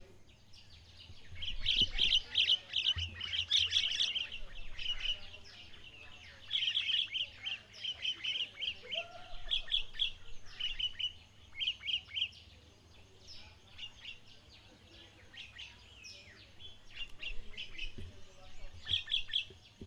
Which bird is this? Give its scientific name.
Creatophora cinerea